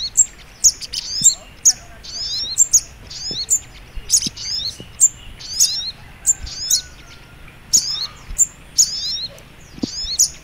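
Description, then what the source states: Little spiderhunter's sharp, high twittering song, short bursts repeated many times, with faint low knocks behind. Masteran training recording, labelled Labaik.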